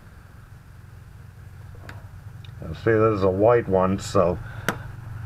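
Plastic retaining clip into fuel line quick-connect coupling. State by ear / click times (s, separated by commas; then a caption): seated / 4.7 s. A white plastic retaining clip is pushed home into the fuel line quick-connect coupling on the fuel pump assembly of a 1990 Ford Ranger while someone talks over a low steady hum. A few faint ticks come first, then a sharp click at 4.7 s as the clip seats.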